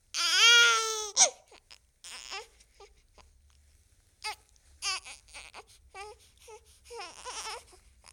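An infant gives one long, loud wail lasting about a second, its pitch gliding gently, followed by a sharp gasp. Then comes a series of shorter, softer whimpers and fussing cries with pauses between. This is an ordinary baby cry.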